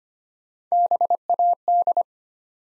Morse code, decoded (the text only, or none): BAD